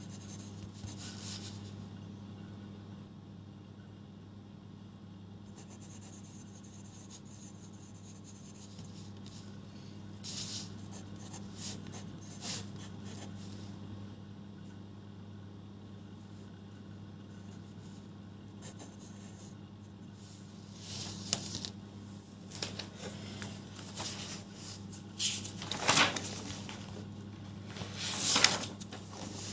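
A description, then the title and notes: Someone goes through notes and rewrites them, with soft scratches, rubs and page handling scattered over a steady low hum. The first twenty seconds stay quiet with occasional light strokes; after that, sharper rustles and taps come more often, peaking near the end. Going through my notes and re-writing stuff.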